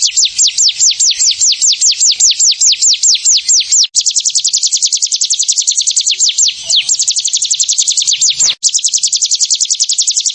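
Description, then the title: Prinia singing a fast run of high, downward-sweeping notes that breaks into a quicker, denser trill, then briefly returns to the slurred notes before the trill resumes. "Ciblek Sawah"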